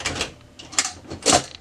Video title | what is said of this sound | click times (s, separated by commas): Dell B 3460dn - How to Change Your Drum - Onyx imaging | Once you hear it click, you know it's installed properly. | 0.8 s